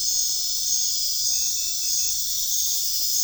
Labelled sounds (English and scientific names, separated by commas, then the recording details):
none
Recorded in pastures near Puerto Asís, Putumayo, Colombia, on 23 June 2025 at 22:30
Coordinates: 0.466, -76.322
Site GP07